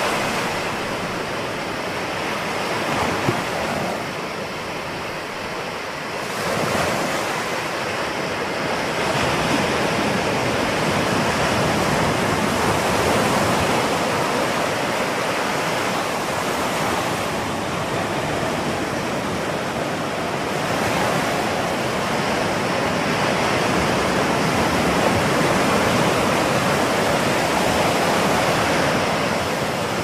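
Ocean sounds: a dense, steady rush of surf, with soft swells building around six and twenty seconds before settling into a constant wash.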